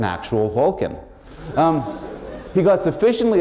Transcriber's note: laughter